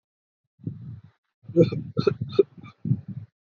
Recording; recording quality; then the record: heavy voluntary cough; poor, much background noise or distortion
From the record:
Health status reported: COVID-19 positive, mild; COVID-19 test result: positive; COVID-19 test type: RT-PCR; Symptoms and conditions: fever, loss of smell and taste, diabetes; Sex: male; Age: 28 years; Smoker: yes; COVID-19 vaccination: both doses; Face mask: worn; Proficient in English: yes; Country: India